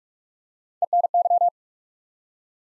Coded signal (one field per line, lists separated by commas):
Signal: Morse code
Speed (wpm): 42 wpm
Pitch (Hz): 700 Hz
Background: none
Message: ENY